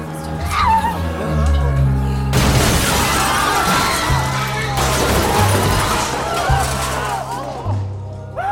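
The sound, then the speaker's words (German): A low droning hum gives way to a sudden loud bomb blast in the metro, followed by several seconds of crackling, shattering debris raining down over a deep rumble before it thins out. “Eine Bombe ist explodiert. In der Metro.”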